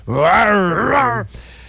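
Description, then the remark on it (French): A person vocally imitates a lion's roar: one sustained, loud, groaning voiced cry that rises, dips and swells again before cutting off, with a brief breathy sound after. “Tu sais, alors que là, on vient d'imiter un lion.”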